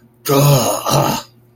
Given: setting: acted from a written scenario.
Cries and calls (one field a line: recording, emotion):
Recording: vocal sound without words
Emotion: disappointment